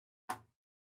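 A replacement integrated circuit chip, its legs bent to fit, is pressed into its socket on a Mortal Kombat II arcade PCB. A single sharp click sounds at 0.3 s, fading within about a quarter second into silence. The chip snaps in and is seated.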